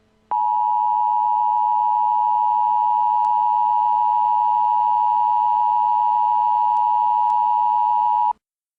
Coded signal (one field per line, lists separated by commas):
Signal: Emergency Alert System (SAME) tones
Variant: 853 and 960 Hz attention tone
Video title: An EAS timeline of the 10/6/12 Boardman River Dam failure